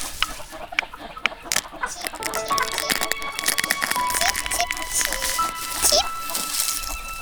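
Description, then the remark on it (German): A chicken clucks in a run of short, high-pitched chirps and clucks, starting after a few scattered clicking taps and continuing steadily at moderate loudness to the end. “Sollte da tatsächlich ein Küken drin sein? Das ist doch fast unmöglich. Oder hat sich der Hahn reingeschlichen, dieses Schlitzohr?”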